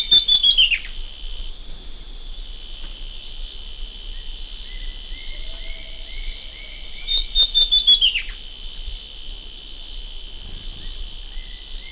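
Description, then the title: Southern Chestnut-tailed Antbird: two quick series of high notes that slide downward, about seven seconds apart. Nominate subspecies hemimelaena, subspecies assumed from the recording location. "LuckyPassaro Completos2Sama. Southern Chestnut-tailed Antbird (Myrmeciza hemimelaena hemimelaena (ssp assumed from location))"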